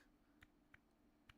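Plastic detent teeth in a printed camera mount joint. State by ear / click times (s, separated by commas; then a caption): seated / 0.4 s, 0.7 s, 1.3 s. A 3D-printed, print-in-place articulating camera mount joint, printed with its clearance set halfway between two earlier tests, is moved through its positions. Its plastic detent teeth give three short, sharp clicks at 0.4, 0.7 and 1.3 seconds against a quiet, steady background. The teeth lock into each other and hold the joint in place at each position.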